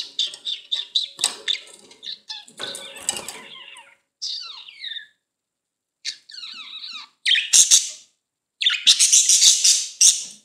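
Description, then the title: Budgerigar chatter: rapid warbling, buzzy and squeaky notes in bursts with short pauses, ending in loud harsh screeches. "Budgie Sounds"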